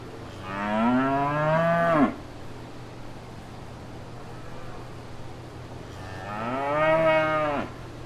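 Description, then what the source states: Cow: cattle lowing twice, each moo roughly one and a half seconds, rising then sliding down at the end, separated by about four seconds of steady humming background. Cow at fair grounds.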